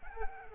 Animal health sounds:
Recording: mosquito wingbeat signal from an infrared sensor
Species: Culex pipiens

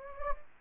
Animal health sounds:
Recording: mosquito wingbeat signal from an infrared sensor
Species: Anopheles gambiae

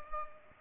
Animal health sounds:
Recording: mosquito wingbeat signal from an infrared sensor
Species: Culex pipiens

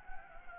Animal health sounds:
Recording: mosquito wingbeat signal from an infrared sensor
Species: Anopheles gambiae

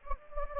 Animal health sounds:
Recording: mosquito wingbeat signal from an infrared sensor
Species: Anopheles gambiae

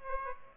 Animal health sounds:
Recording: mosquito wingbeat signal from an infrared sensor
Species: Aedes aegypti

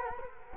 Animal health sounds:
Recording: mosquito wingbeat signal from an infrared sensor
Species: Culex quinquefasciatus

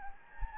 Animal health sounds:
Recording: mosquito wingbeat signal from an infrared sensor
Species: Anopheles gambiae

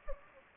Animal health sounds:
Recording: mosquito wingbeat signal from an infrared sensor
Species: Anopheles gambiae

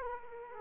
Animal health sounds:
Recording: mosquito wingbeat signal from an infrared sensor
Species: Aedes aegypti

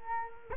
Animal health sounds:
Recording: mosquito wingbeat signal from an infrared sensor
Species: Culex quinquefasciatus

